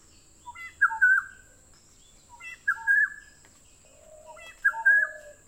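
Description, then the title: Black-naped oriole sings liquid whistled phrases, rising then level, about every two seconds, with a lower mellow note in the last phrase. "kepodang"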